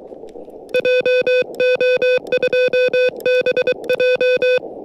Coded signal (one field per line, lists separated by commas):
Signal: Morse code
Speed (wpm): 22 wpm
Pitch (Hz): 500 Hz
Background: music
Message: JO2BJ